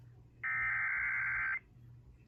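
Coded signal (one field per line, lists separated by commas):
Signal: Emergency Alert System (SAME) tones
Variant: header bursts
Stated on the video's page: Tornado, severe thunderstorm, watch and monthly test alerts from Dallas-Fort Worth NOAA Weather Radio (162.550 MHz) and local AM, FM and TV stations.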